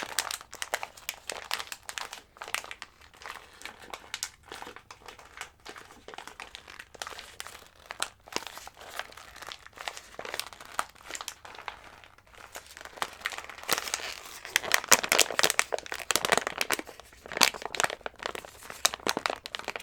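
Crinkling sounds continue throughout, made up of dense, irregular bursts of bright crackling and rustling. The crinkles grow louder and thicker after about thirteen seconds, with sharp crunchy snaps scattered among them and a faint low hum underneath.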